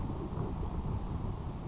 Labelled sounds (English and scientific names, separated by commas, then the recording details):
Grasshopper Sparrow (Ammodramus savannarum)
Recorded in Sonoma County, California